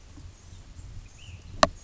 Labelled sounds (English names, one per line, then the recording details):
Ash-throated Flycatcher
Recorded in Sonoma County, California